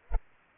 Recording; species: mosquito wingbeat signal from an infrared sensor; Culex pipiens